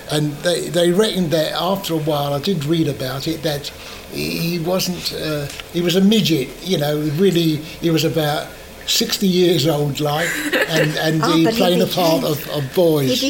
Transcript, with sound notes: And they reckoned that after a while, I did read about it, that he wasn't eh, he was a midget, you know, really he was about sixty years old, like-- [laughs] And he played the part of boys.